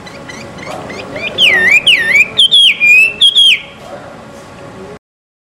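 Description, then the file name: Chinese hwamei song, clear looping whistled notes in quick succession over a background of softer chirps and noise, ending abruptly. Bird gathering. "audio gathering hwamei. omkicau"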